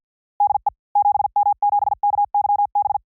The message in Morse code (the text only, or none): DE 7M7KYB